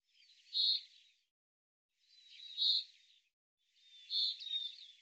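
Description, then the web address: Bird calls, three drawn-out high chirps with thin whistled slides, roughly every two seconds. "Deverinetal 2025 File cleaned normalized Bird Fr Co"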